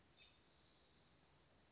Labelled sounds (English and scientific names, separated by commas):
Spotted Towhee (Pipilo maculatus)